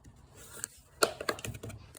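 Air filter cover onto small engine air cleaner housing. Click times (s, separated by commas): 1.0 s, 1.3 s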